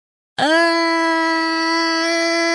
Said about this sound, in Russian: Широко раззявив рот, страшно заорал боярин. «Убивают!»